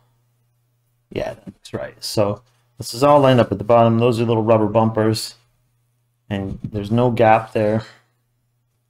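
A plastic screen bezel is being fitted into the display lid of an HP 15s-fq1505sa (TPN-Q222) laptop during an LCD replacement. Someone talks throughout with brief pauses. Nothing has seated or clicked yet; the last bezel clip has not snapped into place.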